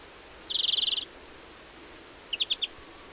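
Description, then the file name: European greenfinch giving one drawn-out buzzy wheeze, then a short rapid series of four clipped chirps a second later. "Chloris chloris"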